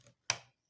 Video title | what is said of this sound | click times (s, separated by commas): How to safely remove/install computer RAM (2024) | there's that click you must hear it to know if it is locked so | 0.3 s